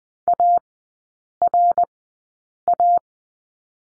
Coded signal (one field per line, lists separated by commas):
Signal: Morse code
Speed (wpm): 20 wpm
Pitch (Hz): 700 Hz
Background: none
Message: ARA